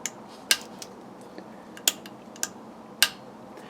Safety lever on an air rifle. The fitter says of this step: You can feel there's two clicks here. I'll be quiet and let you listen.